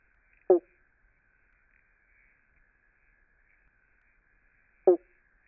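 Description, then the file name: Eastern banjo frog giving two single plucked 'bonk' notes about four seconds apart, over a steady faint high hum. Recorded at Glen Innes. "Limnodynastes dumerilii Glen Innes"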